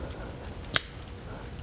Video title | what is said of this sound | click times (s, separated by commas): Scaled Mini AR Build from Goat Guns | Slides right in, locks in place. | 0.8 s